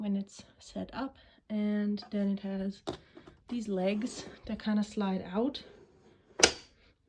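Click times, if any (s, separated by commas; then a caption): 6.4 s. Someone talks while sliding a leg out on a folding market table. A single sharp click at 6.4 seconds marks the leg snapping into place and locking.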